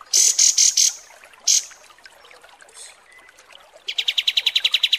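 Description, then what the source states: Kapas tembak song: four shrill high notes and a single further note, a quiet gap, then a fast even rattling trill. Masteran training recording of kapas tembak song.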